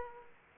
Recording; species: mosquito wingbeat signal from an infrared sensor; Aedes aegypti